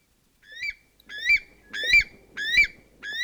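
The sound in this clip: North Island weka song: five rising whistled notes in quick succession, each slightly harsh and upslurred, about three every two seconds, the first quieter.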